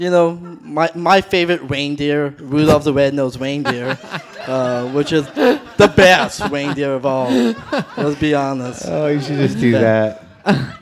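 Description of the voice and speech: An adult man with a speech impediment speaks a short line naming his favorite reindeer in a relaxed, fluent voice, with brief chuckling nearby. The R in "red" comes out close to W, as "wed": a rhotacism, a speech impediment affecting the R sound, which gives him trouble with many words.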